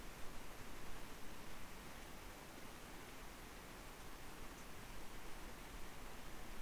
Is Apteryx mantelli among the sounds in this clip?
no